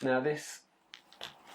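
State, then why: Partly seated. Someone talks as a battery sled loaded in series configuration is pushed into the body of a WISMEC Noisy Cricket 2 vape mod, a snug fit. A sharp click comes at 0.9 s, followed by fainter scraping contacts around 1.1 and 1.2 s. The sled is not fully seated yet.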